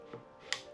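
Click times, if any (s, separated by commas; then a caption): 0.5 s. A wooden sliding lid on a handcrafted urn is pushed closed, with a soft, low sliding knock at 0.1 s. The spring ball catch then snaps into its small divot, drilled with a 3/16 drill bit, with a sharp, bright click at 0.5 s. The lid is seated and latched shut.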